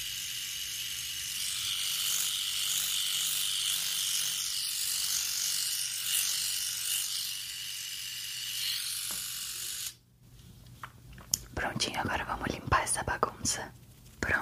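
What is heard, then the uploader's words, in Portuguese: A barber's clipper machine buzzes steadily for about ten seconds, a bright whine over a low hum. It then switches off abruptly. After a short silence, irregular crackling and brushing rustles come in bursts until the end. ASMR BARBEARIA.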